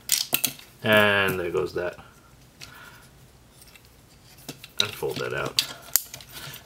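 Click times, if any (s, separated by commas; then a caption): 6.0 s. A plastic chest panel is folded into the torso of a transforming robot action figure while someone talks, with several small plastic clicks and handling taps throughout. A sharp click is heard at 6.0 s, but the chest panel does not lock and just sits in place.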